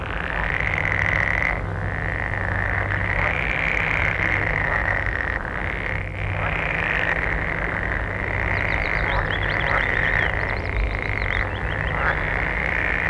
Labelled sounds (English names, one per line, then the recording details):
Edible Frog call
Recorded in the wild
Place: Mühlenbecker Land, Brandenburg, DE
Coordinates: 52.6833, 13.4
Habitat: pond
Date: 1964-05-18 17:00
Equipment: Minifon, Kopie Smaragd
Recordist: Tembrock, Günter